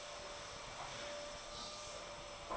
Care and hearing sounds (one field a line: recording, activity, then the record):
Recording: daily activity, microphone in the room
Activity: vacuum cleaning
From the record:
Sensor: 5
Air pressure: 988.8 hPa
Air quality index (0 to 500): 236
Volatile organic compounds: 200 ppm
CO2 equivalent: 4213 ppm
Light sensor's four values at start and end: 39/125/48/51 and 40/125/48/51